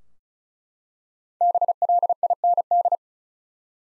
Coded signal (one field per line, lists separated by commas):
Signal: Morse code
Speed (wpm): 36 wpm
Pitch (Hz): 700 Hz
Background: none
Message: BLIND